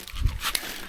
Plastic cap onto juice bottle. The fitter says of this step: ครับล็อคดังแป๊กได้แล้วถ้าดังแป๊กอ่ะนี่